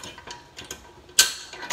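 A piece of a DIY home-gym landmine assembly is pushed down onto its mount, with faint mechanical ticks around 0.6 and 0.7 seconds. At 1.2 seconds it seats with a loud, sharp ratchet-like knock, followed by another knock near 1.7 seconds. The piece is confirmed seated in place.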